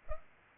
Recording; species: mosquito wingbeat signal from an infrared sensor; Culex pipiens